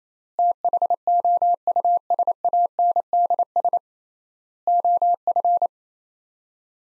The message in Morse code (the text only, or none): THOUSANDS OF